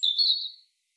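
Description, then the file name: European robin: a single brief, thin, high whistled note that fades quickly, with silence after. "Erithacus rubecula"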